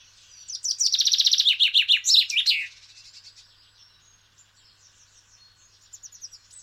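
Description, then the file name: Common chaffinch song: a fast rattling trill of bright notes that tumbles downward and ends in a brief flourish, followed by faint, softer chirps near the end. "Fringilla coelebs"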